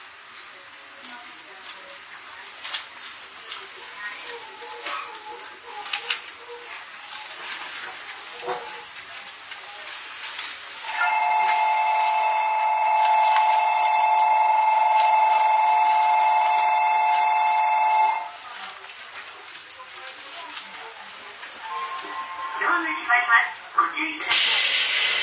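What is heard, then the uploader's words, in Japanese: Riding an Izuhakone Railway 3000 series steel car between Shuzenji and Mishima, with a soft steady hiss and scattered clicks and knocks. From about 11 to 18 seconds a loud, even ringing tone holds. Near the end, stepped tones rise and a sharp hiss bursts out. 伊豆箱根鉄道3000系(鋼製車) 修善寺〜三島。車体は20ｍ級3扉車。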